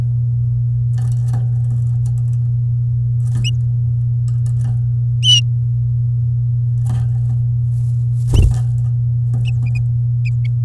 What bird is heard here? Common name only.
Domestic Canary